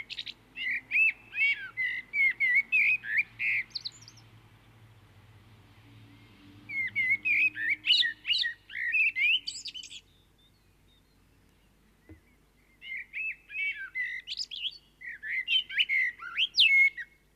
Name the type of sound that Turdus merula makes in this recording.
song